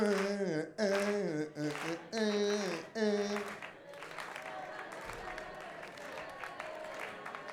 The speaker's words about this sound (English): All together, maybe you have a melody in your head. Clap, we start with clapping again, yeah? And now.